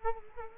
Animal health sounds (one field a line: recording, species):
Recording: mosquito wingbeat signal from an infrared sensor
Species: Culex quinquefasciatus